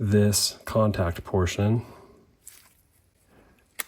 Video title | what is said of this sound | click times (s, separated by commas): KTM 2008+ Key Ignition Repair - Save $100! | Let's push it down. Okay, it locked into place. | 3.8 s